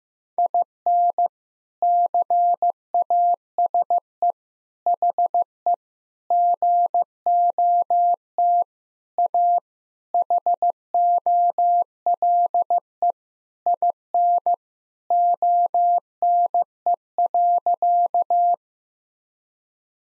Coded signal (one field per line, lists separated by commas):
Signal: Morse code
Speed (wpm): 15 wpm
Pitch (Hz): 700 Hz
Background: none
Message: IN CASE HE GOT A HOLE IN ONE.